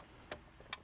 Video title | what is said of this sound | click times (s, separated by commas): 2016- 2019 LEXUS RX Smartphone Mirroring Installation Samsung S8 | And it should clip. You will hear that clicking sound. | 0.3 s, 0.7 s